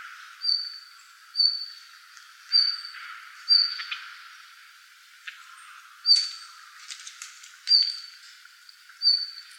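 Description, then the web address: Red-flanked bluetail giving short, high, thin whistles, seven in all at uneven intervals of about one to two and a half seconds, with faint background hiss. Recorded on 3 February 2015. "birdenaga ruribitaki"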